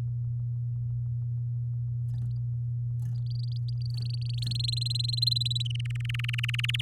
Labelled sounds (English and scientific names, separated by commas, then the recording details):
Domestic Canary (Serinus canaria) song
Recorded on 6 May 2018 at 17:41
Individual llb16